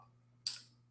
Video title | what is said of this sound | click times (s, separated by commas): Barber Tool Review: Andis Single & Double Magnetic Guards! | I put this on top it's going to snap on you can hear a snap on most Clippers you hear the magnets working | 0.5 s